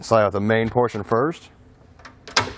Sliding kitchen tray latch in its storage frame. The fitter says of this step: just like that you'll hear it lock into place and then we'll do the same thing for this one